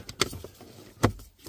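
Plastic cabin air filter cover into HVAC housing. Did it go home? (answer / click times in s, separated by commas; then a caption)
yes / 0.2 s, 1.0 s. A plastic cabin air filter access cover is pressed back onto the HVAC housing behind the glove box of a 2018 Dodge Grand Caravan (Chrysler Town & Country 2008–2020 style) after a new filter is slid in with the arrows pointing down. Two sharp clicks sound at 0.2 s and 1.0 s, with fainter taps around them. The cover is seated and feels firm.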